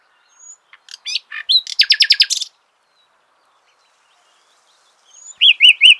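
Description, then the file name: Common nightingale song: scattered sharp notes, then a loud rapid buzzy trill, a pause, and a final run of repeated rising-falling whistled notes. "Luscinia megarhynchos"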